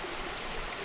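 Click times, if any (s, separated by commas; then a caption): none. Someone handles the battery door latch on a GoPro Hero 9 action camera after putting the battery in, with steady broadband hiss throughout. Nothing has seated or clicked yet. The lock is very tight, perhaps because the case is waterproof.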